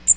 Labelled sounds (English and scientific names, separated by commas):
Magnolia Warbler (Setophaga magnolia) flight call